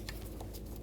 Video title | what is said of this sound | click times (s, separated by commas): How to Replace Knock Sensors 2000-06 GMC Yukon | Just make sure it locks in place. | 0.1 s